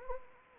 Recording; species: mosquito wingbeat signal from an infrared sensor; Anopheles gambiae